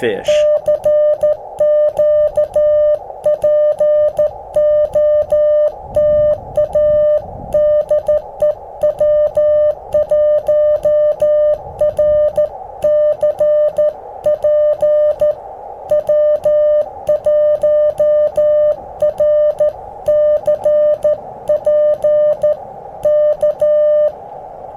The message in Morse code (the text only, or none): CQ POTA DE W1RCP W1RCP K